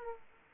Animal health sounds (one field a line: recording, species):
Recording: mosquito wingbeat signal from an infrared sensor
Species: Aedes aegypti